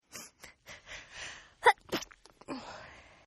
Sneeze Female Stifled.